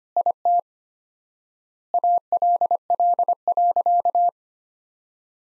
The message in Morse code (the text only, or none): IT ALL.